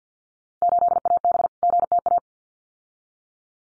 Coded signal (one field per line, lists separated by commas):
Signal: Morse code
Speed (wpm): 48 wpm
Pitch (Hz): 700 Hz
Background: none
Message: 8AB GTA